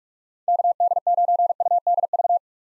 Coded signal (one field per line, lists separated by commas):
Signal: Morse code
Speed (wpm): 46 wpm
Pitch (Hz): 700 Hz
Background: none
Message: KD9UDV